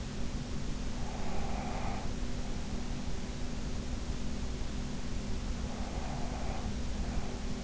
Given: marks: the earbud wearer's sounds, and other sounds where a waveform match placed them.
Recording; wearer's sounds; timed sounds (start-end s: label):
sounds in sleep by an in-ear microphone; breath
0.99-2.20 s: breath
5.62-7.64 s: breath